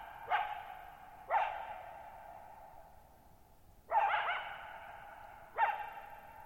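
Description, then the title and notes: Coyote barks, four sharp harmonic yaps with long ringing tails, spaced one to a few seconds apart, over a quiet background. Lone coyote at night, July 14, 2019, Thirtymile Meadows, Okanogan National Forest, Okanogan High Country, 6400 ft (1950 m); tall sharp mountains on a high, mostly dry plateau; shallow bowl-shaped meadow, boggy ground. "Lone Coyote at Thirtymile Meadows. I spent the night of July 14, 2019, camped near Thirtymile Meadows in the Okanogan National Forest at 6400 ft (1950 m)"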